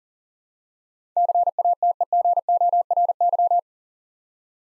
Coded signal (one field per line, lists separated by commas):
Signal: Morse code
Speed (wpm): 40 wpm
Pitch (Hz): 700 Hz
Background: none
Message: CATEGORY